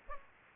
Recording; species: mosquito wingbeat signal from an infrared sensor; Aedes aegypti